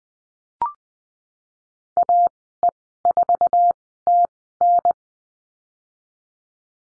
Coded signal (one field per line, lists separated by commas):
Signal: Morse code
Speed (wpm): 20 wpm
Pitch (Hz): 700 Hz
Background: none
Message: AE4TN